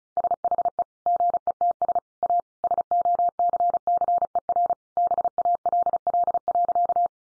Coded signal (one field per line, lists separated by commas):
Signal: Morse code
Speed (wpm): 34 wpm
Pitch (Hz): 700 Hz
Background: none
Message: SHE GETS A SOCCER BALL.